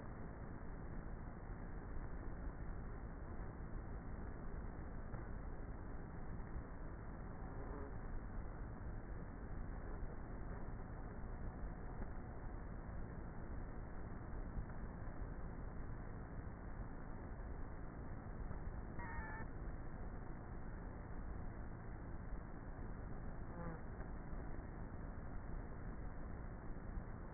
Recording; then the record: honeybee colony, microphone inside the hive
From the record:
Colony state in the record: queenless with a low population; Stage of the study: before two queens were removed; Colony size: about 30,000 bees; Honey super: no